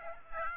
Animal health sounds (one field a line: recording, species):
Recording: mosquito wingbeat signal from an infrared sensor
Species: Aedes aegypti